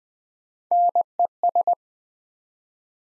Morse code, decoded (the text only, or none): NES